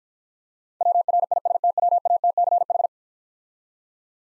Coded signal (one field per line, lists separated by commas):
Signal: Morse code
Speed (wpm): 51 wpm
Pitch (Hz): 700 Hz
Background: none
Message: WRISTWATCH